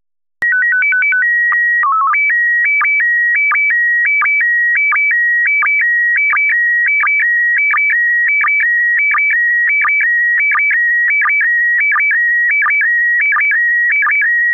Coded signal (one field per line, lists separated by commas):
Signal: SSTV (slow-scan television)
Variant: PD 90